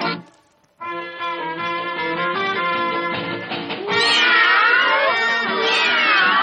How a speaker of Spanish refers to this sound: Miau, miau, miau.